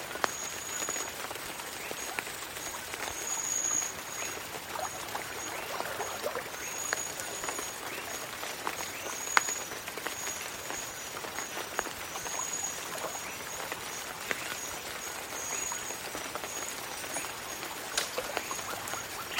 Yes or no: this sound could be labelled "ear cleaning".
no